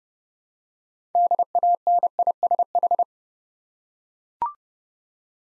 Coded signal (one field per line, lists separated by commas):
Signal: Morse code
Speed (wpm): 30 wpm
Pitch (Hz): 700 Hz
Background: none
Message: DANISH